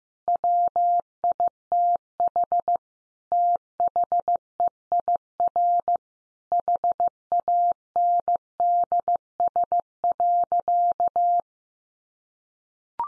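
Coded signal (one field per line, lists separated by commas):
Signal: Morse code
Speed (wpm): 15 wpm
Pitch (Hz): 700 Hz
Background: none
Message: WITH THEIR HANDS.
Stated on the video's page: Morse code lesson at 15 wpm: easy phrases for head-copy practice, each sentence sent, then spoken, then sent again.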